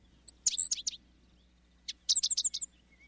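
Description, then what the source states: Five-striped Sparrow singing two short bursts of very high, sharp notes, the second a rapid run of five or six bright chips after a pause. Male, mostly dark gray and brown with five white stripes radiating from the face; distinctive song.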